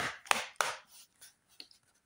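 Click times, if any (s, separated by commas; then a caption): 0.3 s, 0.6 s. The plastic bottom cover of an Acer Nitro 5 AN515-55-57WU laptop is pressed home on all sides into the chassis during refitting after adding an SSD/HDD. Sharp clicks snap at 0.3 s and 0.6 s, followed by a few fainter ticks. The cover clips seat all around, showing it is properly refitted and nothing obstructs it.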